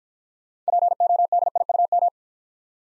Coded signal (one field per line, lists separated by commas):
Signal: Morse code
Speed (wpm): 50 wpm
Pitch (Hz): 700 Hz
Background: none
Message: PODIUM